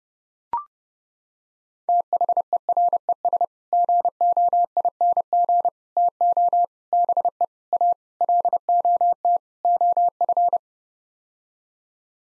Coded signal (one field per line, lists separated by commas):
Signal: Morse code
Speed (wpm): 31 wpm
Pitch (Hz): 700 Hz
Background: none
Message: THERES GOING TO BE A LOT OF